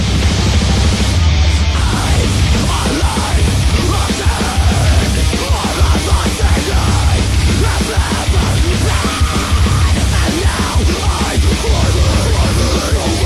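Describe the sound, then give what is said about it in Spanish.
Loud, dense melodic metal song with heavily distorted guitars and harsh screamed vocals mixed with some singing, over a steady, driving wall of sound that stays at full intensity throughout. “Es metal melódico. Pero adolescente. Un poco de grito, un poco de canto, un poco de distorsión, un poco de tranquilidad, un poco de melodía, un poco de furia.”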